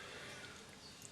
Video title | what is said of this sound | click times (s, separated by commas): 2.5mm chenier setting | should hear the stone click in if it's the right size and if | 1.0 s